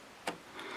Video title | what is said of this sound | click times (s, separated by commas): How to Install RAM - Random Access Memory Upgrade Tutorial in Custom PC - Everything Explained 2024 | click that thing until it says little click or | 0.3 s